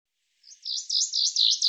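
Bird call starting after a short pause, a string of looping high chirps repeated rapidly until the end.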